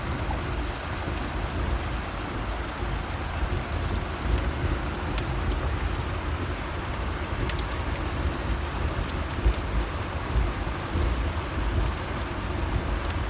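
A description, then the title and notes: Rain falls in a steady, dense hiss with a deep low rumble, while faint sharp ticks and pops scatter irregularly throughout. Relaxing Rain and Crackling Fire Sounds. Raindrops tap a soothing rhythm on the roof, and the fire crackles with a comforting cadence.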